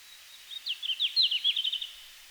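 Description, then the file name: Red-flanked bluetail song: one brisk run of high jerky notes that tails off at the end, clear against quiet background. Finland, 17 June 2019, 17:00. "Robin à flancs roux-20190617-1700-Finlande"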